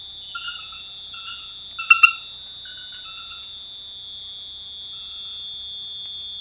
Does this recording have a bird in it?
no